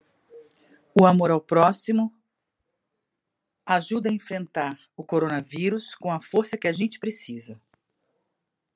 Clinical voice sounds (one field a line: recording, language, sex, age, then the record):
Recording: spoken sentence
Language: Brazilian Portuguese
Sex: female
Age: 50 to 59 years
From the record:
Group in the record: control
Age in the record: 56 years